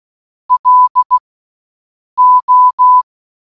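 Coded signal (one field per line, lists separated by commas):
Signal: Morse code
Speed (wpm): 16 wpm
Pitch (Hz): 1000 Hz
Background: none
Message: LO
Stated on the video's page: The word hello sent in Morse code, repeated for one hour.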